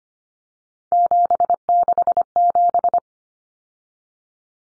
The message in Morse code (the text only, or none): 767